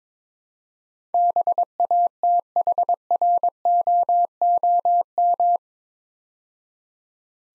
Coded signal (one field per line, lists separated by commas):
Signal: Morse code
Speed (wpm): 22 wpm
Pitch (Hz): 700 Hz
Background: none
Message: BATHROOM